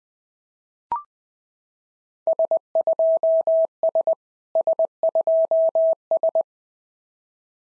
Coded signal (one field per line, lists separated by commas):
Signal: Morse code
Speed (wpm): 20 wpm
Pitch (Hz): 650 Hz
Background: none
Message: S2S S2S